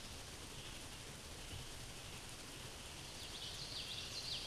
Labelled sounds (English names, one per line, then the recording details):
Scarlet Tanager song
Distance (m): 50 m
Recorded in a Pennsylvania forest on 19 May 2023 at 10:49
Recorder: AudioMoth, point grid1_27_low
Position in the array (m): 170 m, 68 m